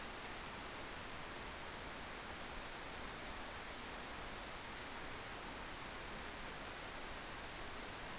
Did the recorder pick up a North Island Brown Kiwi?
no